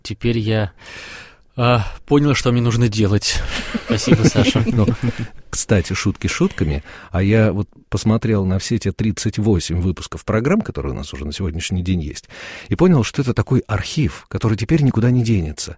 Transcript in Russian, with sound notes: Теперь я понял, что мне нужно делать — спасибо, Саша... (смеются)
— Кстати, шутки шутками, а я вот посмотрел на все те 38 выпусков программ, которые у нас на сегодня уже есть, и понял, что это такой архив, который теперь никуда не денется.